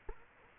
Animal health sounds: mosquito wingbeat signal from an infrared sensor; Culex quinquefasciatus

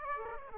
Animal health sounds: mosquito wingbeat signal from an infrared sensor; Aedes aegypti

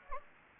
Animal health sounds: mosquito wingbeat signal from an infrared sensor; Anopheles gambiae

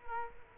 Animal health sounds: mosquito wingbeat signal from an infrared sensor; Culex quinquefasciatus

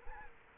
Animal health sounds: mosquito wingbeat signal from an infrared sensor; Culex quinquefasciatus

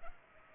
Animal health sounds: mosquito wingbeat signal from an infrared sensor; Culex pipiens

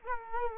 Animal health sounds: mosquito wingbeat signal from an infrared sensor; Culex quinquefasciatus

